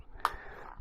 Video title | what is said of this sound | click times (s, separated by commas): Visuo Zen K1 Quadcopter - Unboxing - First Look - First Flight | they do give you a nice satisfying click to let you know that they're that they're open and locked | 0.2 s